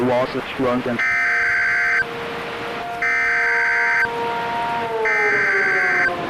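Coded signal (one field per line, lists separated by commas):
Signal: Emergency Alert System (SAME) tones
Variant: header bursts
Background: speech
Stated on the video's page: Fictional EAS mini scenario produced on a phone with an EAS encoder and macros.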